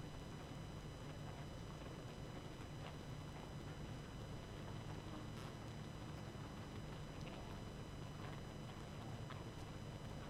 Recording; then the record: honeybee colony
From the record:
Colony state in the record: active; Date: 12 June 2018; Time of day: 22:09